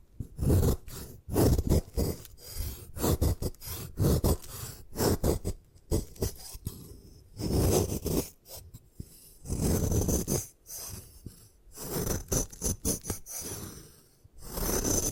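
Gym chalk being destroyed: rough crunching and scraping bursts come in irregular clusters, each a second or so long, with short gaps between. The grinding sounds gritty and full, reaching from low rumble to bright hiss, with occasional sharper crackles and brief quiet pauses.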